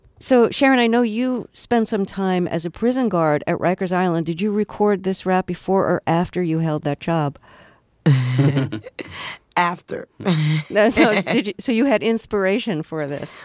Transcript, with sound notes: So Sharon, I know you spent some time as a prison guard at Rikers Island. Did you record this rap before or after you held that job?
(Soundbite of laughter) After.
So you had inspiration for this.